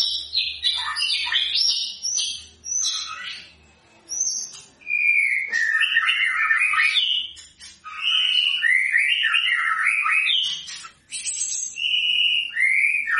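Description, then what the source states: White-rumped shama singing a rich, varied run of whistled and warbled phrases, shifting quickly between high and middle pitches with brief gaps. Energetic, vigorous song used as a lure recording to provoke an immediate response.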